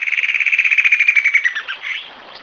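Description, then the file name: Bird trill: a quick run of evenly repeated notes sliding gradually downward, ending in a few softer, lower notes that fade out. "SABIOD 50 bird 2015"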